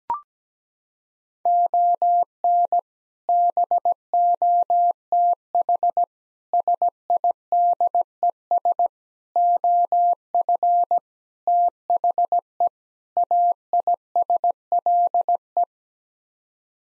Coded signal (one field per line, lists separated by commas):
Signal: Morse code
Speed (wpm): 17 wpm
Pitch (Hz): 700 Hz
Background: none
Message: ON BOTH SIDES OF THE AISLE